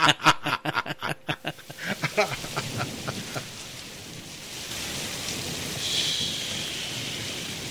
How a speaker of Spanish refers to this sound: Me voy a mojar. Qué lluvia.